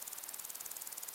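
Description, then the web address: A cricket trills in quick, even, high pulses against a constant background of wind noise. Crickets in windy long grass. "beanstalk-audio Crickets and insects in windy long grass"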